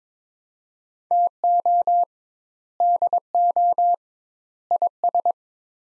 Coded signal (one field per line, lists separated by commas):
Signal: Morse code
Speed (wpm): 21 wpm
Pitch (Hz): 700 Hz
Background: none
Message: TO DO IS